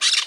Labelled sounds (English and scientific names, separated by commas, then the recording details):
Brown-throated Parakeet (Eupsittula pertinax) contact call
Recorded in Margarita
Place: San Francisco, near stadium
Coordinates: 11.018, -64.294